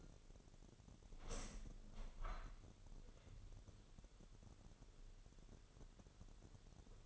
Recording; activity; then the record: daily activity, microphone in the room; open window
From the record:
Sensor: 4